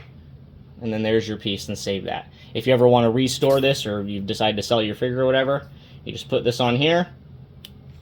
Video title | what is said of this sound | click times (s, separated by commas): The Keymaster set unboxing Part 1 | you feel you hear the magnet click | 7.7 s